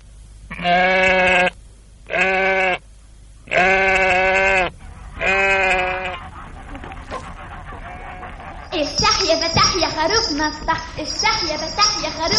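Four loud, wavering sheep bleats in a row with short pauses between them, followed by a busier, higher-pitched tonal passage that continues to the end.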